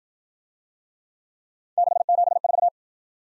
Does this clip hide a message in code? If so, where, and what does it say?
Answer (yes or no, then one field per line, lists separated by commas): yes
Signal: Morse code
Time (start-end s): 1.8-2.7 s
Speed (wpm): 52 wpm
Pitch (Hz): 700 Hz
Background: none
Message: 674